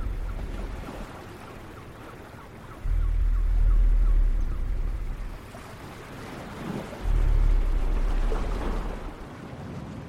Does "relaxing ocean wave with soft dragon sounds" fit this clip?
yes